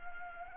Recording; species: mosquito wingbeat signal from an infrared sensor; Anopheles arabiensis